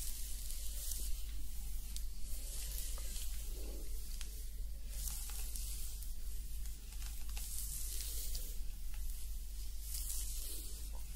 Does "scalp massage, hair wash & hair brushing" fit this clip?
yes